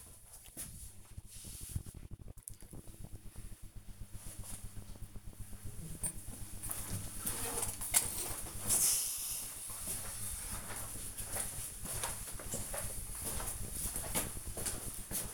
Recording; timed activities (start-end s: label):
household activities, microphone on the right wrist
none